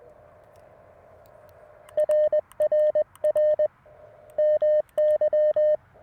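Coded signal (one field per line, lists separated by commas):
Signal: Morse code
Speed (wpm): 20 wpm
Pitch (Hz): 610 Hz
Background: radio noise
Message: RRR MY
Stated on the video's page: Parks on the Air activation from a car at a beach state park: LNR Precision MTR4B V2.3 with CW Morse iambic key, roof-mounted 17-foot whip, captured with a digital recorder.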